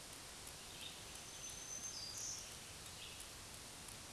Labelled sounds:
Black-throated Green Warbler song
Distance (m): 35 m
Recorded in a Pennsylvania forest on 1 June 2023 at 08:46
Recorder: AudioMoth, point grid3_1_low
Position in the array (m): 189 m, 22 m

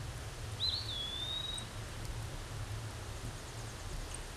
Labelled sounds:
Eastern Wood-Pewee song
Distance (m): 10 m
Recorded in a Pennsylvania forest on 17 May 2023 at 14:07
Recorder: AudioMoth, point grid1_19_low
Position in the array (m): 93 m, 205 m

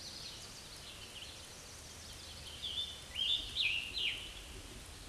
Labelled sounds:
Scarlet Tanager song
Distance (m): 35 m
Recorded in a Pennsylvania forest on 19 May 2023 at 10:26
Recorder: AudioMoth, point grid1_31_low
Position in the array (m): 181 m, 82 m

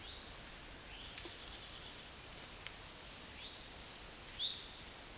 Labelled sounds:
Eastern Towhee song
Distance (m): 100 m
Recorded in a Pennsylvania forest on 17 May 2023 at 12:52
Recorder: AudioMoth, point grid1_34_low
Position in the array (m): 112 m, 103 m

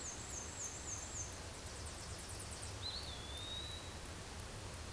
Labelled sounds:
Eastern Wood-Pewee song
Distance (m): 35 m
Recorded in a Pennsylvania forest on 17 May 2023 at 14:07
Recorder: AudioMoth, point grid1_20_low
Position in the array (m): 95 m, 208 m

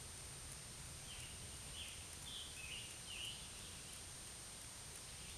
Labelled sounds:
Scarlet Tanager song
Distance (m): 75 m
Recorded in a Pennsylvania forest on 1 June 2023 at 08:09
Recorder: AudioMoth, point grid3_8_low
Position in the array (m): 163 m, 142 m

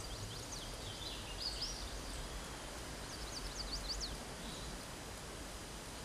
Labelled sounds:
Chestnut-sided Warbler song
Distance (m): 80 m
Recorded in a Pennsylvania forest on 17 May 2023 at 12:37
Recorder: AudioMoth, point grid1_15_low
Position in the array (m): 107 m, 132 m

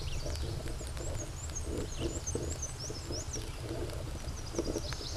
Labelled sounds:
Black-and-white Warbler song
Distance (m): 50 m
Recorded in a Pennsylvania forest on 17 May 2023 at 13:08
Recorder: AudioMoth, point grid1_4_low
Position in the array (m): 86 m, 94 m

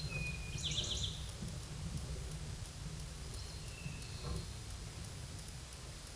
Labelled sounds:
Eastern Towhee song
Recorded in a Pennsylvania forest on 17 May 2023 at 13:25
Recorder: AudioMoth, point grid1_8_low
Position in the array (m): 112 m, 106 m

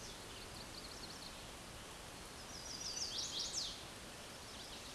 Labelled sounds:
Chestnut-sided Warbler song
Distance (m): 25 m
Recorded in a Pennsylvania forest on 17 May 2023 at 11:52
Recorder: AudioMoth, point grid1_40_low
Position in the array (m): 121 m, 208 m

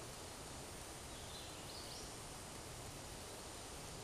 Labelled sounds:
Hooded Warbler song
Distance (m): 80 m
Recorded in a Pennsylvania forest on 17 May 2023 at 13:51
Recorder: AudioMoth, point grid1_28_low
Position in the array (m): 38 m, 142 m

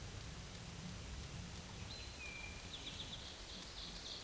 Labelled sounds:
Eastern Towhee song
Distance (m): 70 m
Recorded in a Pennsylvania forest on 17 May 2023 at 13:14
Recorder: AudioMoth, point grid1_35_low
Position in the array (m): 119 m, 84 m

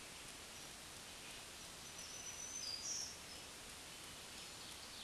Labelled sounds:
Black-throated Green Warbler song
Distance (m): 40 m
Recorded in a Pennsylvania forest on 1 June 2023 at 06:07
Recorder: AudioMoth, point grid3_31_high
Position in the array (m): 135 m, 83 m

